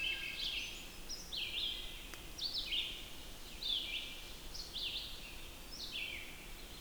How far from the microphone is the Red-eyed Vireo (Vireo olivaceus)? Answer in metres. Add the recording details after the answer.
about 65 m. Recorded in boreal forest in Alberta, Canada, on 14 June 2016 at 06:37. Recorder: SongMeter 3, array SBT-3-33. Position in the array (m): 154 m, 183 m